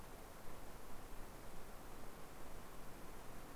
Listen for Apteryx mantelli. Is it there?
no